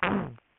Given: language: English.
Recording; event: throat vibration sensor signal played as sound; throat clearing